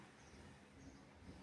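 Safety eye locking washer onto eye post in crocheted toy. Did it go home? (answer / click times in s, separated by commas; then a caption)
no / none. A plastic locking washer for the second safety eye is being handled and pressed toward its post in a crocheted toy, producing only a low, steady background rumble and soft handling noise. Nothing has seated or clicked yet.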